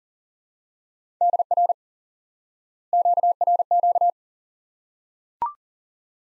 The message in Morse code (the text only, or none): DR QRQ